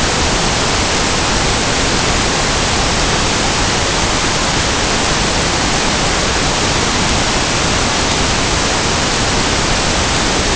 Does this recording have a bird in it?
no